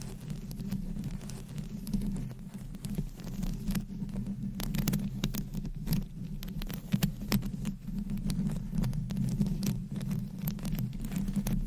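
Long nails scratch and tap across a textured microphone, a dense rustle with frequent sharp clicks over a steady low hum.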